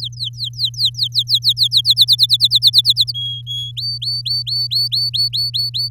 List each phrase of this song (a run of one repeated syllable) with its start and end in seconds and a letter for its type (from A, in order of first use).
0.00-1.81 A, 1.84-3.12 B, 3.14-3.71 C, 3.77-5.89 D